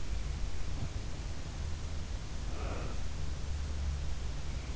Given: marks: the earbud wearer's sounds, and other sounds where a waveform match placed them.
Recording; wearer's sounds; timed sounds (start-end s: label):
sounds in sleep by an in-ear microphone; breath
2.45-3.16 s: breath